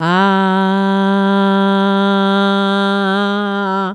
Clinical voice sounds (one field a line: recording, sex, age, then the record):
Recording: sustained vowel /a/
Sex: female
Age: 50 to 59 years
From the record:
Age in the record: 51 years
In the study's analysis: included